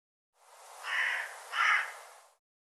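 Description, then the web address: Bird gives two drawn-out, hoarse cawing notes, the second slightly louder. "cianscape birddata Deverinetal 2025 File cleaned normalized Bird"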